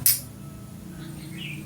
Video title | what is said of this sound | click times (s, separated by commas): full materi jaringan komputer LAN, mengenal kabel, cara crimping LAN , mengetes kabel LAN, dan trik | Itu bunyinya. | 0.1 s